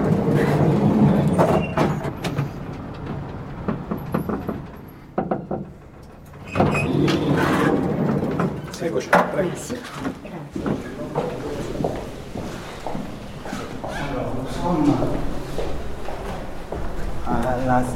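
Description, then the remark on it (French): An elevator hidden behind a wooden door in the Pontifical House at the Vatican runs with a low mechanical rumble and the slide of its door, while people talk over it and footsteps and shuffling sounds come and go. “L'ascenseur est caché derrière une porte en bois.”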